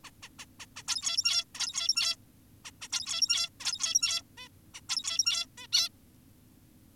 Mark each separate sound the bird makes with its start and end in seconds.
0.04-0.11, 0.23-0.29, 0.39-0.46, 0.60-0.66, 0.76-0.83, 0.88-1.44, 1.55-2.16, 2.65-2.71, 2.82-2.88, 2.92-3.50, 3.60-4.22, 4.38-4.48, 4.74-4.81, 4.89-5.46, 5.58-5.67, 5.73-5.89